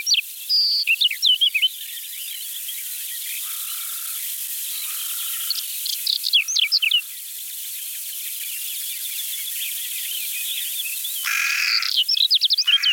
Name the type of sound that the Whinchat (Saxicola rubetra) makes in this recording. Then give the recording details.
song. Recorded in the wild. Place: Waltershofen / Freiburg im Breisgau, Baden-Württemberg, DE. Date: 1976-06-12. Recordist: Schwarz, Dieter